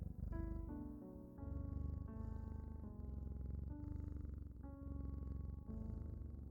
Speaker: Focus on the sound of the cat's purr and drift off.